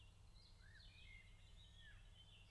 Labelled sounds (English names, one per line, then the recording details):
Common Blackbird
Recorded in Germany
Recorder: ecoPi